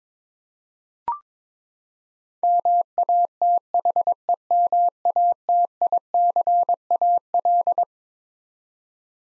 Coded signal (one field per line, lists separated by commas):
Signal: Morse code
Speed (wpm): 22 wpm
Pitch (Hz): 700 Hz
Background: none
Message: MATHEMATICAL